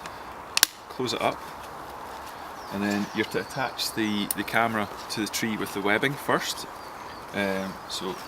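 A trail camera's plastic case is closed after setup, and its latches snap shut with two loud, sharp snaps at 0.6 s and 0.6 s. The case is latched. Afterward, someone talks.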